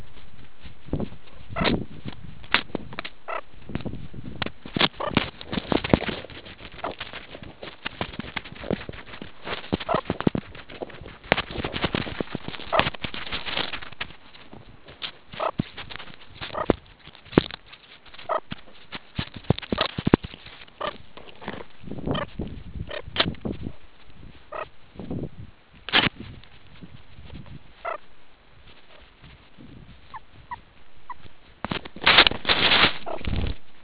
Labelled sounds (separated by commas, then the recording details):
meerkat close call, meerkat short note
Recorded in the Kuruman River Reserve, South Africa
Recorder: an audio tag on a meerkat's collar